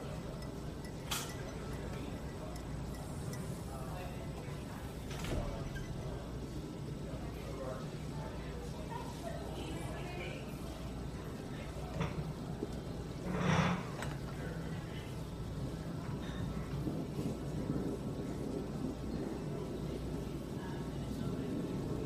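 Coffeehouse ambience with a steady low murmur of voices, occasional sharp dish clinks around 1, 5 and 13.5 seconds, and soft background clatter.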